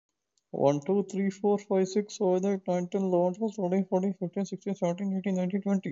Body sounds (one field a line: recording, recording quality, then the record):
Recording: counting at a normal pace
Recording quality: excellent, no background noise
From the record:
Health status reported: COVID-19 positive, no symptoms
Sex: male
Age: 25 years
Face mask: not worn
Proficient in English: no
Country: India